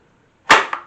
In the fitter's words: until you hear a snap and now the brush is